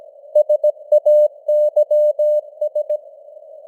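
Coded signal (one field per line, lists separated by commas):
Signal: Morse code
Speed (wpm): 17 wpm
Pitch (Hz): 600 Hz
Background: none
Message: SAYS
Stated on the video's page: Simulated news headlines at 17 wpm with simulated radio noise and varying signal strength (QSB).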